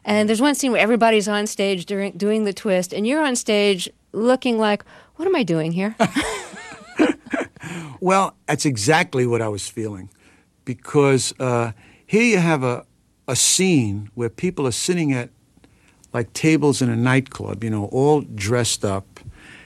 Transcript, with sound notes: And there's one scene where everybody's onstage doing the twist and you're onstage looking like what am I doing here?
(LAUGHTER) Well, that's exactly what I was feeling because here you have a scene where people are sitting at - like, tables in a nightclub, you know, all dressed up.